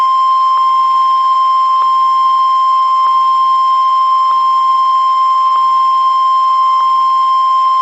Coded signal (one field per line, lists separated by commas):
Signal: Emergency Alert System (SAME) tones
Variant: 1050 Hz attention tone